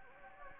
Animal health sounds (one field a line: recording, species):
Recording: mosquito wingbeat signal from an infrared sensor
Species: Anopheles gambiae